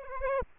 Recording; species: mosquito wingbeat signal from an infrared sensor; Aedes aegypti